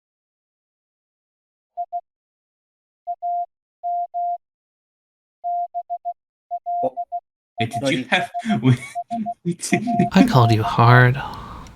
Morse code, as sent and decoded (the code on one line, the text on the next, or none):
.. / .- -- / -... .-.. .. ... ... .-.-.-
I AM BLISS.